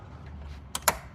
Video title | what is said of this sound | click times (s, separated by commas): Giving the ASUS B250 Mining Expert board life, but... what to mine? | There. Hopefully you guys heard that nice little click. | 0.8 s, 0.9 s